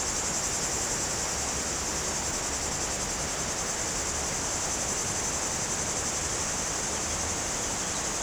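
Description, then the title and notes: Cicada holding an unbroken, shrill buzzing drone throughout, over constant running water. Cicadas very active in trees on a hot day, slopes of the Grand Colombier above Culoz, France, near the Jourdan river. "Chem. de Romagnieux, 01350 Culoz, France - Rivière et cigales. Sur les pentes du Grand Colombier au dessus de Culoz , par cette chaude journée les cigales sont très actives dans les arbres près du Jourdan"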